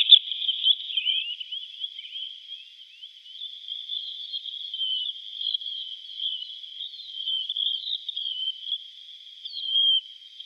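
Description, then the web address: Least Sandpiper flock calls, a continuous chatter of high, thin twittering notes overlapping one another, with a few sharper chirps standing out near the end. A flock calling together. "Schulze Peter Least Sandpiper"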